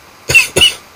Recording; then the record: coughing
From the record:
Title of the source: Dry Afternoon Cough